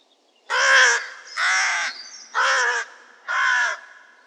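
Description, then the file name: Crow giving four loud, hoarse caws, evenly spaced about one second apart, each harsh and broad. Recorded at Market Weighton on 7 June 2014. "Crows Market Weigton 07 june 2014"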